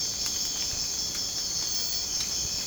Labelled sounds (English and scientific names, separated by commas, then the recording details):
none
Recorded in secondary vegetation near Puerto Asís, Putumayo, Colombia, on 24 March 2025 at 03:30
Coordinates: 0.485, -76.322
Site G040